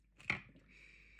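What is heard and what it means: A plastic cover is pried and popped out of the metal body of a Lockwood 3782 mortise lock to reach the yoke inside. A faint tick at 0.2 s leads into a sharp plastic pop at 0.3 s, followed by a low, steady hiss. The cover comes free.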